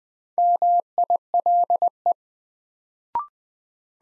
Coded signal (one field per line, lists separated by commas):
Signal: Morse code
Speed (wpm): 20 wpm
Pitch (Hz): 700 Hz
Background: none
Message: MILE